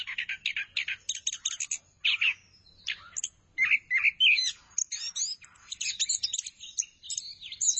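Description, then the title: Thrush song mixing harsh chattering notes with bright whistled slurs, delivered in quick bursts with short gaps. "burung anis x"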